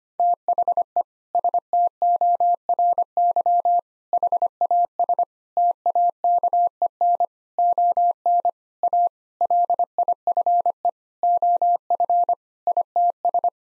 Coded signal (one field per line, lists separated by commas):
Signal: Morse code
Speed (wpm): 25 wpm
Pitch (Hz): 700 Hz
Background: none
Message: THE STORY HAS TAKEN ON A LIFE OF ITS